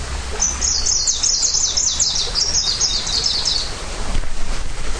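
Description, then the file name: Greenish warbler song: a single high, rapid, tumbling phrase lasting about three seconds, sung over a steady hiss of background noise. Recorded in Hilchenbach, Germany. "Gruenlaubsaenger Hilchenbach LS -M-Frede"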